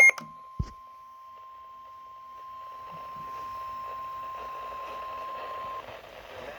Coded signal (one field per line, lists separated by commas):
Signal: Emergency Alert System (SAME) tones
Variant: 1050 Hz attention tone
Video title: EAS #363: SMW-W